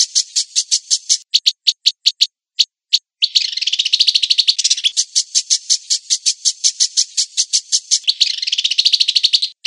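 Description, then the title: Long-tailed shrike song with quick high chirps that break off briefly, then run into a long, dense, buzzy rattling stream of rapid notes. Combination song style. "Cendet Kombinasi"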